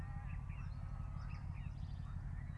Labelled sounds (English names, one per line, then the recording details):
Song Thrush
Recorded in Germany
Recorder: ecoPi